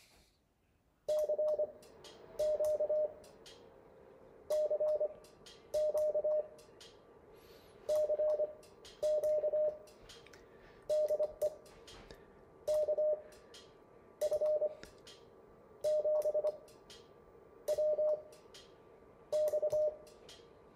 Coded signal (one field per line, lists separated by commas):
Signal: Morse code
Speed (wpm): 25 wpm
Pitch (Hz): 610 Hz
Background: none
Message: CQ CQ CQ DE KF7WX